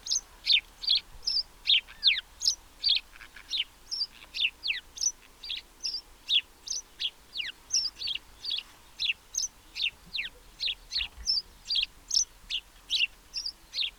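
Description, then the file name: House sparrow chirping steadily, a quick run of short sharp notes about two or three per second, uneven in spacing, with no other clear sounds. "Passer domesticus"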